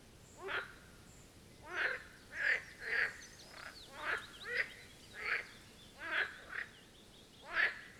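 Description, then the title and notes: Marsh frog chorus with rattling, pulsed croaks roughly every half second to second, loud single bursts. Chorus at the Birkensee, Schönbuch, Germany, on one of the first proper hot summer days of 2023. "Marsh Frogs of the Birkensee. A chorus of Marsh Frog ( Pelophylax ridibundus ) at the Birkensee, in Schönbuch, DE. Recorded on one of the first proper hot days of this Summer (2023)"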